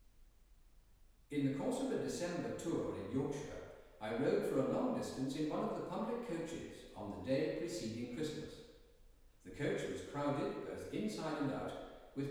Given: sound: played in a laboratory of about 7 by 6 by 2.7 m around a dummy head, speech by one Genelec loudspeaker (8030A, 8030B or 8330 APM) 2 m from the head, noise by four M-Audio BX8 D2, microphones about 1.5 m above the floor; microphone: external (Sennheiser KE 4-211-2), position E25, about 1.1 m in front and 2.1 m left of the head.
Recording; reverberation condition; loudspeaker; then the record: male speech in English; high; 30 degrees to the right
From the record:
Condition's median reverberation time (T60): about 1300 ms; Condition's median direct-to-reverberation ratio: about -4.0 dB